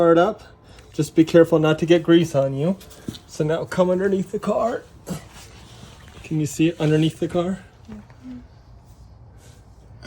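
Someone talks while the tow hitch receiver and its mount are shown under a Tesla Model X and lined up before being pushed up into their slot. Faint handling sounds follow near 7.9, 8.1 and 10.0 seconds. Nothing has seated or clicked yet.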